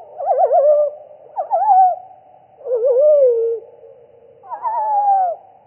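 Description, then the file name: Pied flycatcher song, four wavering whistled phrases, most trilled at the start and sliding down, separated by short pauses. Recording apparently slowed down (title: minus three). "GOBEMOUCHE NOIR"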